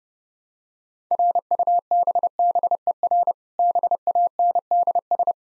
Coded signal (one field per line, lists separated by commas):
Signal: Morse code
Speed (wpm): 30 wpm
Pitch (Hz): 700 Hz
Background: none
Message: RUBBER BANDS